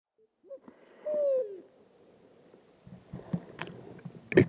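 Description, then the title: Pharaoh eagle-owl gives a faint short note and then a strong, drawn-out descending hoot, with scattered clicks and rustles afterwards. Wild bird hooting in total darkness at 3 a.m., Oued Enoicre, Mauritania, 8 March 2019; approached to ten metres; recorded with a parabolic reflector and field recorder. "Grand-duc du désert - Mauritanie"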